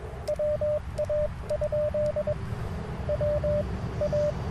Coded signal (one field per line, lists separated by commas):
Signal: Morse code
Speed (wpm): 21 wpm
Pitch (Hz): 590 Hz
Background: radio noise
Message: WA? WA